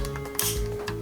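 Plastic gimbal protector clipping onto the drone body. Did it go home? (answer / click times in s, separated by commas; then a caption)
yes / 0.4 s. A second plastic clip of a Mavic 2 Pro drone's gimbal protector is pressed into its groove on the drone body, with soft ticks over a steady background tone. A sharp click at 0.4 s marks the clip seating in place, and the gimbal is now protected.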